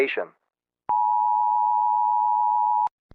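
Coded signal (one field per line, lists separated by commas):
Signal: Emergency Alert System (SAME) tones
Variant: 853 and 960 Hz attention tone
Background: speech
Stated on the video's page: Fictional EAS scenario, with poor recording quality.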